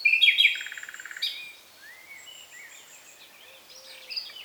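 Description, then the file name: Common nightingale song: a brief rattling burst of clicks at the start, followed by soft rising whistles and faint scattered notes. "Luscinia megarhynchos"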